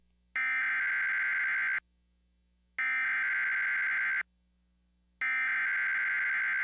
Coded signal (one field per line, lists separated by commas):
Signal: Emergency Alert System (SAME) tones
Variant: header bursts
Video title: EAS and Weatherscan - Severe Thunderstorm Warning - 8:25pm 12/23/2015